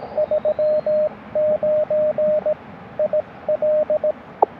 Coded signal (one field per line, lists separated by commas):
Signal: Morse code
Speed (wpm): 18 wpm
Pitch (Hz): 600 Hz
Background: radio noise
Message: 39 IL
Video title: Unexpected DX on QRP CW POTA Activation 5/4/23 @ K-4451